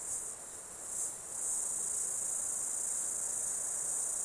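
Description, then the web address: Insect chorus of high, shrill buzzing, quieter for about the first second and a half, then swelling and holding as an even, unbroken drone. Insects calling during an Australian summer. "Foundation 1 AMBIENCE AUSTRALIAN SUMMER INSECTS"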